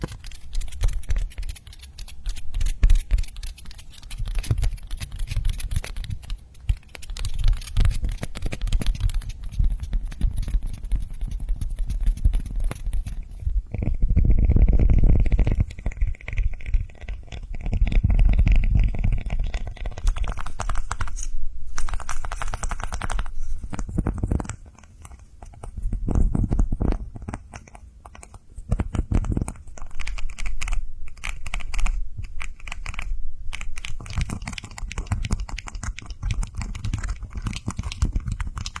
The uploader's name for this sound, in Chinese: 敲击触发音敲击音慢回弹玩具